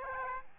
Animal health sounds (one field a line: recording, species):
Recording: mosquito wingbeat signal from an infrared sensor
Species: Aedes aegypti